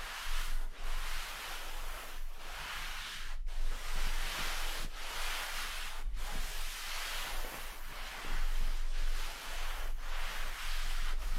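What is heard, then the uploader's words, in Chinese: Pillow and quilt rub in dense, swishing bursts with brief pauses, over a steady low hum. 枕头、被子摩擦。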